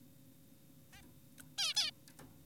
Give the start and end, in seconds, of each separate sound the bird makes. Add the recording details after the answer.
0.93-1.02, 1.58-1.73, 1.76-1.91. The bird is an adult. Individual g4p5U